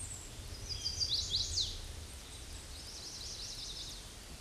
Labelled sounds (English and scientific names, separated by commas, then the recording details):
Chestnut-sided Warbler (Setophaga pensylvanica) song
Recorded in a Pennsylvania forest on 18 May 2023 at 07:47
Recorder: AudioMoth, point grid1_19_low
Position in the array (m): 120 m, 207 m